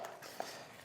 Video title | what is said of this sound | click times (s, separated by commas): The Best Oil for Mr Squeeze - Amsoil S58 Oil and Filter Change - G87 M2 - G80 M3 - G82 G83 M4 | That nice click. | 0.4 s